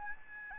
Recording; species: mosquito wingbeat signal from an infrared sensor; Aedes albopictus